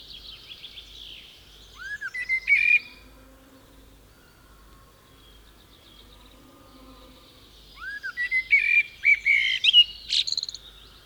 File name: Common Blackbird (Turdus merula)